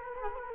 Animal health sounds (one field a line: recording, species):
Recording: mosquito wingbeat signal from an infrared sensor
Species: Culex quinquefasciatus